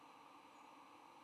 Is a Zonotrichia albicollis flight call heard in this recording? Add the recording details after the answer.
no. No flight call is heard. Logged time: 08:07 on 9 November 2014